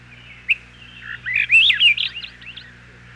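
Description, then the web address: Swainson's thrush singing one liquid, whistled phrase that climbs in rapid spiralling notes, then fades with a few softer trailing notes; faint low hum underneath. "101 Bird Songs. Swainson's Thrush"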